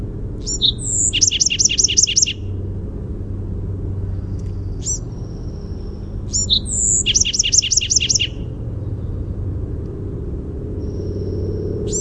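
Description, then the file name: Bewick's wren song: a high whistled intro note, then a fast series of buzzy trilled notes, repeated twice, with thin high whistles between and a low rumble throughout. "BEWR song"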